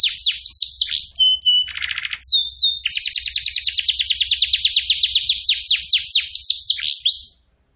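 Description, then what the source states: Canary song with swooping downslurred notes, a brief steady whistle, a harsh buzzy burst, then a long rapid trill of repeated notes before stopping. Training song for competition canaries.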